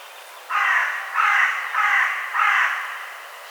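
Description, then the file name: Carrion crow uttering four coarse, grating caws evenly spaced over a few seconds. "Corvus corone"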